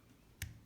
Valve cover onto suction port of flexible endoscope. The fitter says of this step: port channel quarter turn pops right in